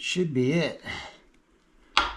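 Someone talks while lining up the timing dots, then pushes a timing gear onto its engine shaft, and a single sharp knock is heard at 2.0 s. The part goes on but is not fully seated.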